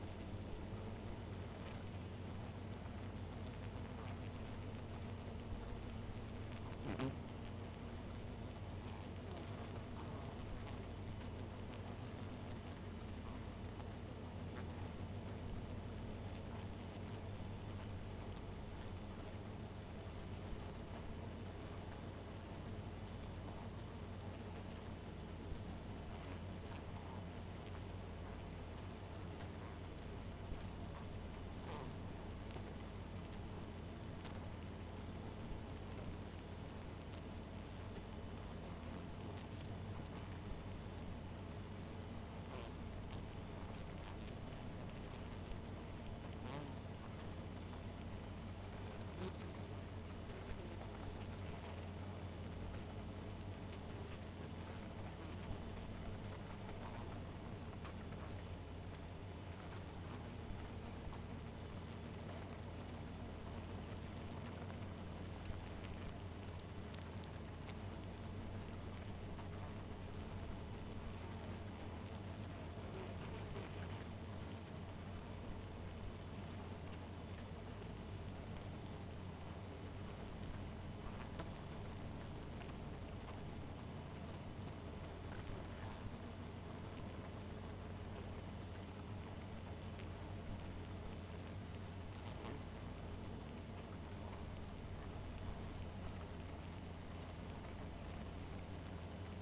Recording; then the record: honeybee colony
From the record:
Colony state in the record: missing queen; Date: 14 July 2017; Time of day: 0:54